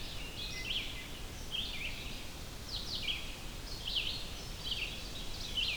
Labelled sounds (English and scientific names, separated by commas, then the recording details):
Red-eyed Vireo (Vireo olivaceus) song
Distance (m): 45 m
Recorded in boreal forest in Alberta, Canada, on 14 June 2016 at 05:05
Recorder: SongMeter 3, array SBT-3-33
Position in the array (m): 155 m, 192 m